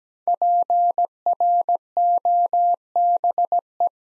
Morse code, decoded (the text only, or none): PROBE